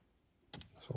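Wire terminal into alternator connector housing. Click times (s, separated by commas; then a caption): 0.5 s. A second crimped wire terminal is pushed into one of two slots in the plastic alternator connector housing during a Lucas 5-wire to late 3-wire alternator conversion on a 1971 MGB. After quiet background, a sharp click at 0.5 s shows the terminal is seated, followed by a smaller tick just after and faint handling clicks near the end.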